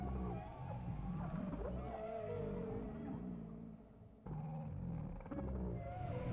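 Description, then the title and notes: Whale sounds: soft wavering moans and low groans over a continuous rumble, fading briefly before returning. Whale sounds presented without music. "WHALE SOUNDS, WHITE NOISES. WHALE SOUNDS WITHOUT MUSIC"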